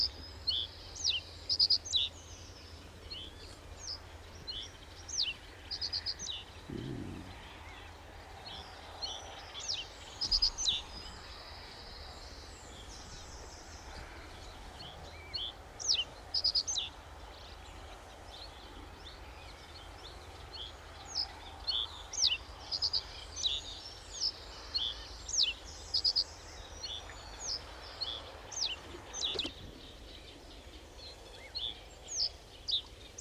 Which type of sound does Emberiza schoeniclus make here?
song